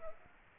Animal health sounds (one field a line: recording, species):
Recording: mosquito wingbeat signal from an infrared sensor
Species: Aedes aegypti